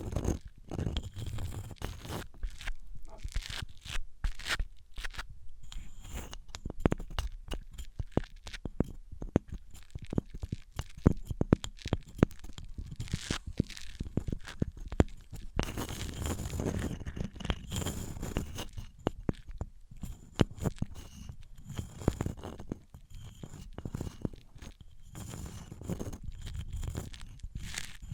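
Materials being handled and rubbed against each other, possibly wood, cork, sponge or foam, give a dense run of rapid crackles, scrapes and taps throughout. Bursts of brighter, crunchier friction come around 16 and 20–25 seconds, with a low rumble underneath.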